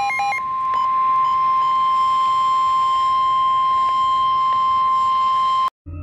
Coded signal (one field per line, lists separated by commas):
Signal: Emergency Alert System (SAME) tones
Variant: 1050 Hz attention tone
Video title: Top 10 creepiest EAS alert systems (country)